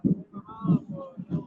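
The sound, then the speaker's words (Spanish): Deep bass drum (bombo) thumps at a street protest on a national day of struggle, with buses passing, land three times in a slow, steady beat, booming and fairly loud, with a faint sustained tonal murmur running underneath. “Acá se escucha los colectivos que pasan y los bombos nada más.”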